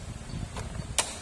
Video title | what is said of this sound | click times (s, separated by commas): SOLUSYON SA PUTOL-PUTOL NA PRINT NG IYONG PRINTER | Yan, nag-lock na siya. | 1.0 s